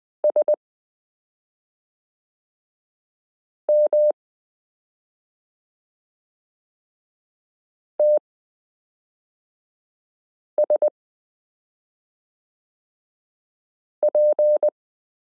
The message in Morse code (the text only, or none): SMTSP